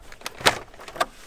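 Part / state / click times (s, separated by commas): plastic clip or holder in the engine bay of a car / seated / 0.5 s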